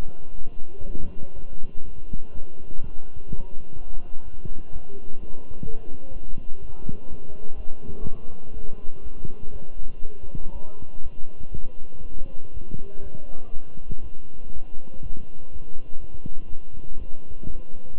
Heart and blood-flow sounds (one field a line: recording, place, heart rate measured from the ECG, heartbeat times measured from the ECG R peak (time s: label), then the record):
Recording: heart sounds by stethoscope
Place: between the tricuspid and mitral areas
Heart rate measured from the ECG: 123 bpm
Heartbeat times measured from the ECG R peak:
0.37 s: heartbeat
0.85 s: heartbeat
1.35 s: heartbeat
1.84 s: heartbeat
2.33 s: heartbeat
2.82 s: heartbeat
3.30 s: heartbeat
3.77 s: heartbeat
4.24 s: heartbeat
4.72 s: heartbeat
5.19 s: heartbeat
5.66 s: heartbeat
6.13 s: heartbeat
6.60 s: heartbeat
7.08 s: heartbeat
7.56 s: heartbeat
8.04 s: heartbeat
8.53 s: heartbeat
9.02 s: heartbeat
9.52 s: heartbeat
10.01 s: heartbeat
10.52 s: heartbeat
11.02 s: heartbeat
11.52 s: heartbeat
12.02 s: heartbeat
12.53 s: heartbeat
13.03 s: heartbeat
13.52 s: heartbeat
14.02 s: heartbeat
14.52 s: heartbeat
15.02 s: heartbeat
15.51 s: heartbeat
16.00 s: heartbeat
16.48 s: heartbeat
16.97 s: heartbeat
17.46 s: heartbeat
17.94 s: heartbeat
From the record:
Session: walking at 3.7 km/h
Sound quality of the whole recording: good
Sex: male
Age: 23 years